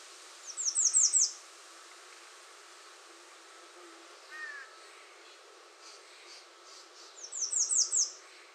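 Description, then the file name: American redstart singing two high, rapid series of downslurred notes several seconds apart, with a brief lower chirp in between. Recorded 21 June 2019. "2019-06-21 American Redstart"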